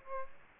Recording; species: mosquito wingbeat signal from an infrared sensor; Aedes aegypti